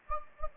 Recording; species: mosquito wingbeat signal from an infrared sensor; Anopheles gambiae